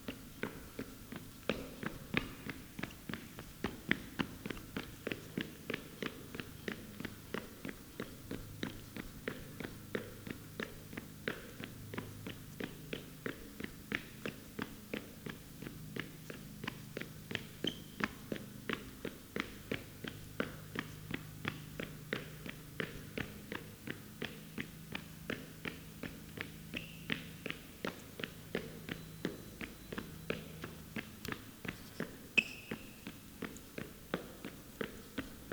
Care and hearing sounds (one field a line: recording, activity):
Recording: daily activity, guitar pickup as the sensor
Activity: run